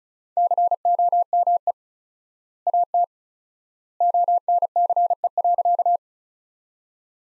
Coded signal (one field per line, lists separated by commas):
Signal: Morse code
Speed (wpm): 36 wpm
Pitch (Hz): 700 Hz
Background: none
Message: COME AT ONCE.